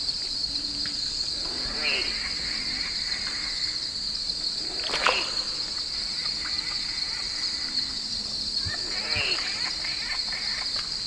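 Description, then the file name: Squirrel glider calls, two nasal notes several seconds apart, with a brief splash-like knock and constant high insect trilling behind. Recorded at Twelve Mile Camp at night, 3 September 2018. "Glider Squirrel SD 561 Twelve Mile Camp One Night 2 a 3 rd Sep 18"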